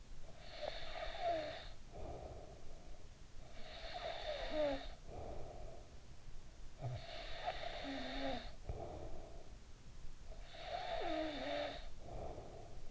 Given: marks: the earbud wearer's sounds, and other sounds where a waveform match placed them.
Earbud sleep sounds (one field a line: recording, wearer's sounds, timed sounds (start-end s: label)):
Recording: sounds in sleep by an in-ear microphone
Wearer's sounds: snoring breath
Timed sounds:
0.00-3.00 s: snoring breath
3.23-6.57 s: snoring breath
6.74-12.91 s: snoring breath